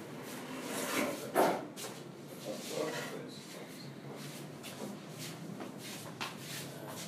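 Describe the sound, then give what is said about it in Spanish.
A table scrapes and knocks as it is dragged closer along the floor, with a sharp bump early on and softer shuffling after, while voices murmur underneath. “No, no, no, digo para que yo acerque mi mesa.”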